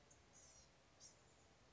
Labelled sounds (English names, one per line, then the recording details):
Blue-gray Gnatcatcher
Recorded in Sonoma County, California